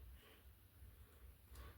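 A small plastic locking tab on the spark plug cap casing of a DLE 35 RA petrol engine in an Extreme Flight MXS 83-inch RC plane is squeezed shut with pliers, because it was too tight to close with fingers. Over a quiet, low rumbling background, a brief, bright snap is heard at 1.6 s as the tab locks into place, and the tab is seated.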